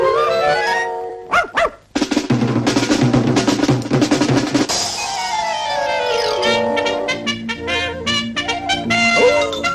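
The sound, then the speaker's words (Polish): An aggressive, dangerous dog makes a loud, continuous run of high whining yelps and rapid barks, with sustained tonal howls sliding in pitch and no one speaking over it. “bo otóż do naszego studia wkroczy teraz bardzo agresywny, bardzo niebezpieczny pies.”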